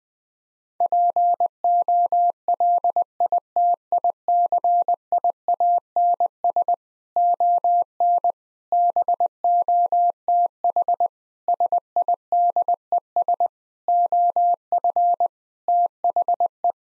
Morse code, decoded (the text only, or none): POLITICIANS ON BOTH SIDES OF THE